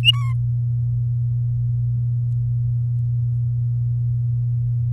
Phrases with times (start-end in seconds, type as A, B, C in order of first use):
0.03-0.34 A